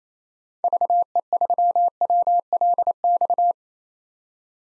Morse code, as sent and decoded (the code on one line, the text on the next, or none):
...- . ...-- .-- .-.. -..-
VE3WLX